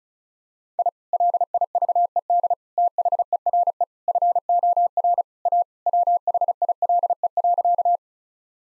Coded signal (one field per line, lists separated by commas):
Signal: Morse code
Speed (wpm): 34 wpm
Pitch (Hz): 700 Hz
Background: none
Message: I LIVED THERE FOR A WHILE.